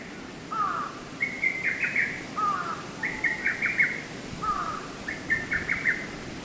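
Lesser cuckoo song: three phrases, each opening with a lower note and followed by a stuttering string of higher whistled notes, repeated about every two seconds.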